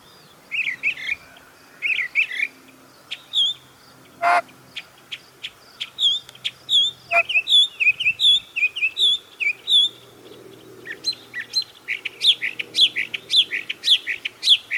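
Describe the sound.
Bird song with varied chirps and whistled slurs, a few sharp clicks, then a steady run of bright notes and a jumbled finish.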